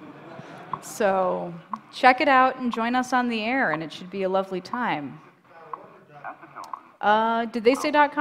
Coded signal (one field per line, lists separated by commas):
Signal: radio time signal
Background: speech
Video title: WWV and the Standards Station Receiver